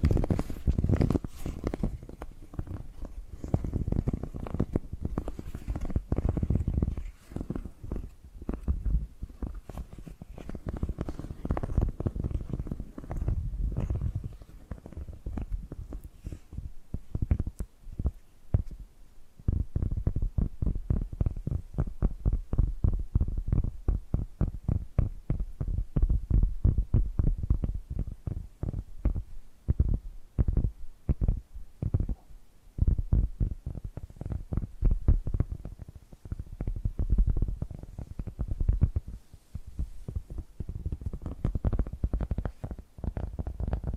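Soft tapping and scratching sounds, mostly low and muffled, with a dense run of quick, fairly regular taps through the middle section.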